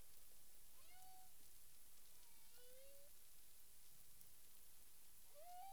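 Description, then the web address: Humpback whale sounds: a low tonal whoop near the start, a rising slurred note midway and another upsweep at the end, over continuous underwater hiss. Recorded in the Caribbean on 9 April 2002 at 18:06 UTC. "CARIMAM. humpback whale"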